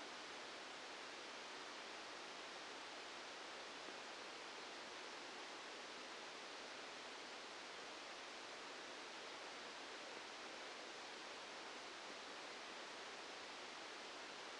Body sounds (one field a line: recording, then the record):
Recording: brain microelectrode recording played as sound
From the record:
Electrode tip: outside the subthalamic nucleus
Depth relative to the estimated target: -8 mm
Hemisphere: right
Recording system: NeuroSet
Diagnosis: Parkinson's disease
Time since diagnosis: 8 years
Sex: male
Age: 65 years